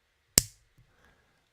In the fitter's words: this is going to click this is quite a satisfying click sound listen to this three two one